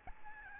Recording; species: mosquito wingbeat signal from an infrared sensor; Aedes albopictus